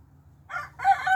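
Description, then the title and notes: Chicken: rooster crow, a short fragment of rich harmonic crowing that breaks and resumes louder, over a steady low hum. Four roosters, including a young black silkie still developing his crow and three louder adults; one newer rooster has the weakest crow. "Rocky the newcomer"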